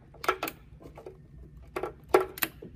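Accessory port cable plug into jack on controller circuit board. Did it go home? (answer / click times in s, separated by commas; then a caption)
yes / 2.2 s, 2.4 s. A cable plug for a Hops Boss control port accessory is bent up to reach the metallic jack on the circuit board inside a V2 Brew Boss controller and pushed in. Several short plastic taps and rattles lead up to sharp clicks at about 2.2 and 2.4 seconds as the plug seats and locks into the connector.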